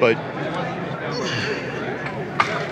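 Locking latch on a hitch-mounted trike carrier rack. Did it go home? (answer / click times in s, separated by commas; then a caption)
yes / 2.4 s. A hitch-mounted recumbent trike carrier rack is moved into position over steady background chatter while someone talks. Its locking latch clicks sharply into the locked position at 2.4 seconds, so the rack is secured.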